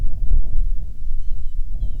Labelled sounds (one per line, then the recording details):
bird
wind
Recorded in the Prudhoe Bay oil fields, Alaska, on 6 August 2019 at 05:40
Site 22